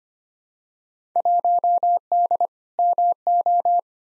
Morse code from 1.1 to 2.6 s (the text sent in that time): 1D